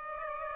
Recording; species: mosquito wingbeat signal from an infrared sensor; Aedes aegypti